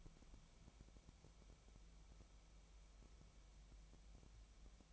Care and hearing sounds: daily activity, microphone in the room; wipe stove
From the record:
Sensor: 1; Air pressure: 1001.6 hPa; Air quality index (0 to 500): 218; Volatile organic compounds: 28 ppm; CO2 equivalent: 2911 ppm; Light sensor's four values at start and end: 8/29/10/11 and 8/29/10/11

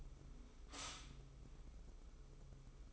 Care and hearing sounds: daily activity, microphone in the room; stop toaster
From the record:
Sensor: 1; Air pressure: 995.3 hPa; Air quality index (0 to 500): 25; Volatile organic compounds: 0 ppm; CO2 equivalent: 501 ppm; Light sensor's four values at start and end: 17/58/21/23 and 17/58/21/23

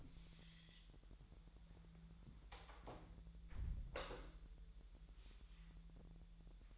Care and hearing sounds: daily activity, microphone in the room; close door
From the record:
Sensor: 3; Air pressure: 1001.3 hPa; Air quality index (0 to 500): 250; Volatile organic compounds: 170 ppm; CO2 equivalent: 4105 ppm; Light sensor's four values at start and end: 13/31/13/13 and 13/31/13/13

